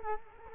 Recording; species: mosquito wingbeat signal from an infrared sensor; Culex quinquefasciatus